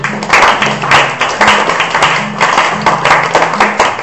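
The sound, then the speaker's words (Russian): A group of people claps steadily, the dense, even patter of many hands sustained throughout at a fairly loud level, with no voices standing out. “И аплодисменты.”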